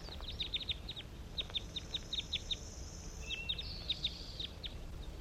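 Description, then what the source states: Crossbill calls: rapid runs of short, sharp chip notes, plus a brief tonal whistle in the second half, over low background hiss. Wild crossbills calling to captive birds, which call back; net site on a hillside, around 10 a.m.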